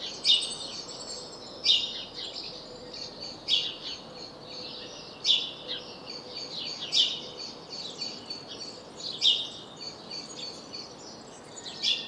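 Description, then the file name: House sparrow chirping, dense overlapping bright chirps in quick succession, louder notes every second or two over continuous chatter and faint hiss. "Passer domesticus"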